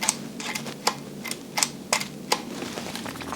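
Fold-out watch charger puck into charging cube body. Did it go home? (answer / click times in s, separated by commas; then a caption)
yes / 0.1 s, 0.9 s, 1.3 s, 1.6 s, 1.9 s, 2.3 s. The fold-out watch-charging puck of an Anker 3-in-1 Cube with MagSafe is pushed back into the cube body several times, giving a series of sharp, satisfying clicks at about 0.1, 0.9, 1.3, 1.6, 1.9 and 2.3 seconds over a quiet background. Each time, the charger stand folds back and seats in its stowed position.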